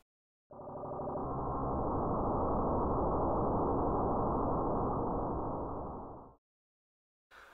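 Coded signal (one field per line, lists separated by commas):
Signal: digital voice data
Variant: dPMR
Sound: harsh steady buzzing hiss lasting about six seconds, then a brief restart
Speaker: and finally that last signal was dpmr which is an open non-proprietary radio system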